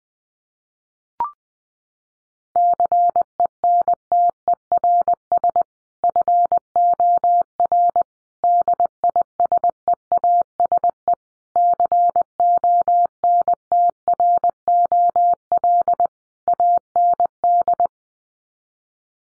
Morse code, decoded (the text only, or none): CENTERS FOR DISEASE CONTROL AND